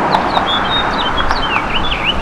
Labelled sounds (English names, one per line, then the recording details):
House Finch song
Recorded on Long Island, New York, on 25 May 2011
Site FH
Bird B